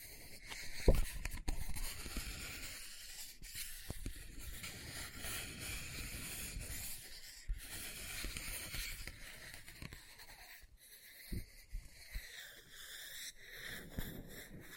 Book Tapping, Scratching, Page Turning